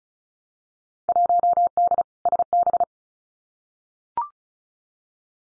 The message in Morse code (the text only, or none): 1D SB